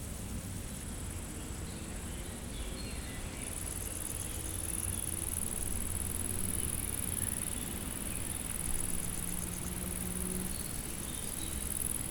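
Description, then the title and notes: Stridulating insects keep up an unbroken high buzz that grows stronger after a few seconds, with low wind and engine rumble beneath. Insects stridulating in a dry meadow on a hot day near Chindrieux, France; wind rustles the leaves and motorbikes hum on the RD991 road. "348-862 Rue de Vars, 73310 Chindrieux, France - Prairie stridulante. Par une chaude journée , les insectes stridulent dans une prairie sèche"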